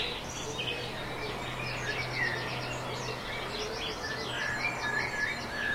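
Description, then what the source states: Birds chirp and twitter softly through a steady hiss, with a continuous low hum underneath and no single voice standing out. Dawn chorus.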